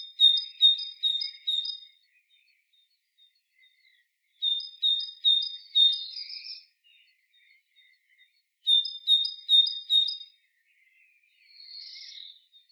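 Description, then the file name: Great tit song of clear repeated see-saw phrases, four quick units per burst, three bursts separated by short pauses, with a soft buzzy note at the end. "Parus major"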